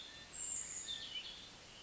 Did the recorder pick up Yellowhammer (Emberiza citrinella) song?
no